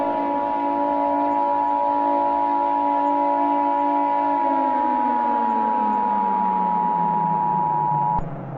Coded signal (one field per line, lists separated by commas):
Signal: Emergency Alert System (SAME) tones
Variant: 853 and 960 Hz attention tone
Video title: May Fire Quell Fury|An EAS Scenario